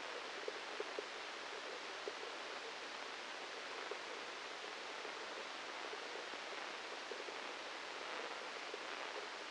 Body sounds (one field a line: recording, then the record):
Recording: brain microelectrode recording played as sound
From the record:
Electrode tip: inside the subthalamic nucleus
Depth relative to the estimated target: -1 mm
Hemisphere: left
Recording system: NeuroSet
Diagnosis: Parkinson's disease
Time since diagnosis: 8 years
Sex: male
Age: 37 years